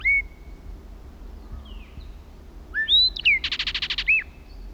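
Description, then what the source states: Blackbird song: a few clear slurred whistles, then a rapid buzzy trill ending in a short whistle, with faint low background noise. Singing at the top of a pine tree, about 100 feet up.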